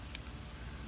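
A crimped terminal pin is pushed into its cavity in a transmission control module connector housing and seats with a short, sharp click at 0.2 s. The click stands out over a steady low rumble and broadband hiss.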